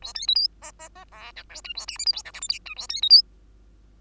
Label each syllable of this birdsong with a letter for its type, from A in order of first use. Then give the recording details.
A B C D E E E F G H I A J K L M N O P Q I A B C D. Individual Bird2